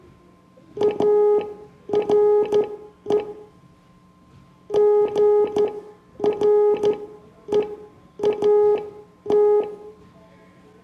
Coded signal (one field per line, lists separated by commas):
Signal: Morse code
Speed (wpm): 13 wpm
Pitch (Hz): 420 Hz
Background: none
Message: ARE GREAT